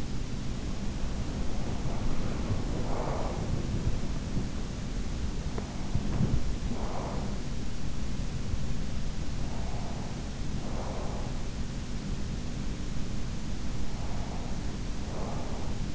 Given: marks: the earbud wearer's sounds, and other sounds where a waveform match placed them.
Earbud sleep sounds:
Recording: sounds in sleep by an in-ear microphone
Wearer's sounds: breath, body movement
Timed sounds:
0.84-3.66 s: breath
3.05-14.60 s: body movement
5.40-7.50 s: breath
9.32-11.54 s: breath
13.70-15.94 s: breath

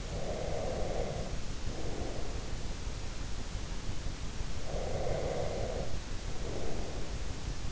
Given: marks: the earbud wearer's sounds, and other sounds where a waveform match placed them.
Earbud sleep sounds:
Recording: sounds in sleep by an in-ear microphone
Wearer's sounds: breath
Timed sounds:
0.00-2.72 s: breath
4.52-7.22 s: breath

